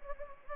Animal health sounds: mosquito wingbeat signal from an infrared sensor; Anopheles gambiae

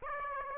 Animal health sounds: mosquito wingbeat signal from an infrared sensor; Aedes aegypti

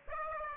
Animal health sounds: mosquito wingbeat signal from an infrared sensor; Aedes aegypti

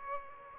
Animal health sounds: mosquito wingbeat signal from an infrared sensor; Aedes aegypti

